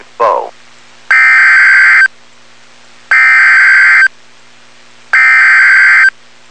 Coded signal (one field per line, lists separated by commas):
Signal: Emergency Alert System (SAME) tones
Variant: header bursts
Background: speech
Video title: Severe T'Storm Warning (EAS #361)